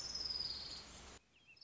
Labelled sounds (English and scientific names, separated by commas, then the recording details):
Orange-crowned Warbler (Leiothlypis celata)
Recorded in Sonoma County, California